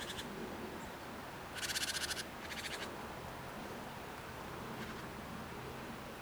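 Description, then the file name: Great tit buzzy rattle, one strong burst of rapid ticks followed quickly by a shorter, fainter one, set against steady background noise. "Parus major"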